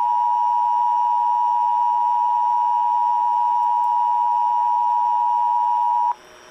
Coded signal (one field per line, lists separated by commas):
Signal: Emergency Alert System (SAME) tones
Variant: 853 and 960 Hz attention tone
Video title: EAS 3900!!!!!!!!!!!!! (EAS Alerts from 7/17/22)